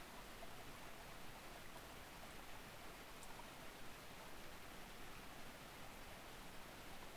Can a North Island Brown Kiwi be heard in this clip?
no